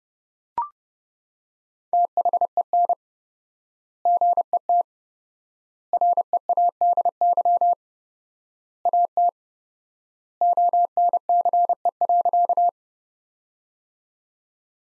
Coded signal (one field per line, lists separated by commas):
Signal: Morse code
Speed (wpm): 30 wpm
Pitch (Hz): 700 Hz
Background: none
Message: THEN GET READY AT ONCE.